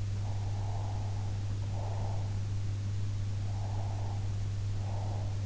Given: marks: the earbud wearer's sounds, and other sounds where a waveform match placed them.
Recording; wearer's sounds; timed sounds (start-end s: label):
sounds in sleep by an in-ear microphone; breath
0.26-2.40 s: breath
3.49-5.40 s: breath